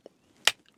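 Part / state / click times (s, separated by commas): tape cartridge into alarm message player / seated / 0.5 s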